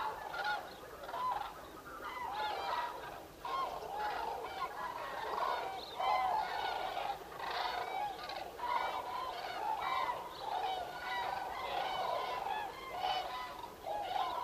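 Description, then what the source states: Common cranes in a loud, continuous chorus of overlapping trumpeting and honking calls from a big flock. Recorded 5 November 2018.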